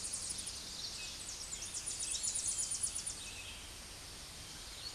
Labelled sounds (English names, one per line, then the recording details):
Tennessee Warbler song
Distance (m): 35 m
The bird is about level with the microphone
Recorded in a Pennsylvania forest on 16 May 2024 at 07:55
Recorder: AudioMoth, point MSD-0521
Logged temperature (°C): 15.8 °C
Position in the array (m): 69 m, 62 m